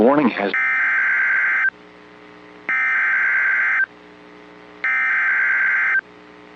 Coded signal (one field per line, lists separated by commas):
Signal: Emergency Alert System (SAME) tones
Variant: header bursts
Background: speech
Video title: Early Saturday Morning Wake-up Call: EAS Alerts from the morning of March 8, 2025